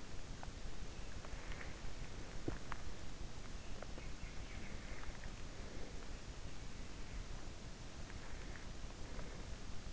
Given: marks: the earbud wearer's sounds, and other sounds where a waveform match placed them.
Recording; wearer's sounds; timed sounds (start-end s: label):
sounds in sleep by an in-ear microphone; teeth grinding
0.00-2.84 s: teeth grinding